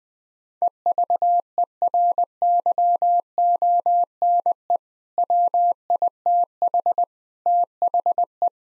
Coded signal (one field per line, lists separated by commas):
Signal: Morse code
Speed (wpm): 20 wpm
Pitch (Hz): 700 Hz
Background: none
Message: EVERYONE WITH THE